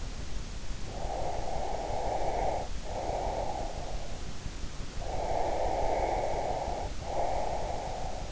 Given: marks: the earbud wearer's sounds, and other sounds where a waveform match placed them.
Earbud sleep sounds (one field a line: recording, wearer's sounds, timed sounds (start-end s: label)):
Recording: sounds in sleep by an in-ear microphone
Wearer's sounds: breath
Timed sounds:
0.78-3.88 s: breath
5.01-8.32 s: breath